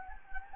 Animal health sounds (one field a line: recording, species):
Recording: mosquito wingbeat signal from an infrared sensor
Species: Anopheles gambiae